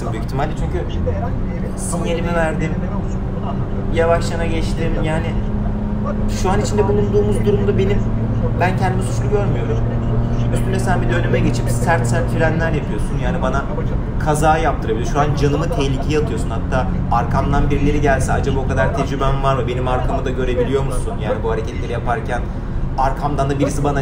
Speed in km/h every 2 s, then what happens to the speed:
96, 98, 102, 105, 109, 115, 118, 115, 114, 112, 105, 100.
0-11 speeds up to 118. 11-24 slows to 100.